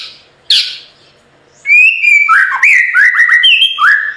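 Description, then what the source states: White-rumped shama song: a short harsh burst, then a rich run of clear whistled notes, rising and falling with quick slurred phrases. Training recording (masteran) of full, continuous rolling song (ngerol) with sharp, forceful phrases (nembak).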